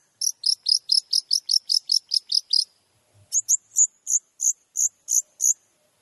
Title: MASTERAN CENDET FULL TEMBAKAN BUAT MASTERAN CENDET MANAPUN